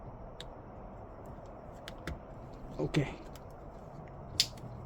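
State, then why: Seated. The plastic connector of the second amplifier wiring harness is pushed home into its amplifier plug during a plug-and-play install of two Kenwood amplifiers in a 2012 Lexus IS350/IS250, after a tricky two-handed attempt. Someone talks briefly, with a few faint ticks and a muffled bump of handling before a sharp click at 4.4 s. The connector is confirmed seated.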